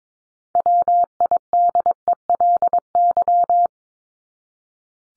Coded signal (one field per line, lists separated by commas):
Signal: Morse code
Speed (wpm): 22 wpm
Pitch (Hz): 700 Hz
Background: none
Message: WIDELY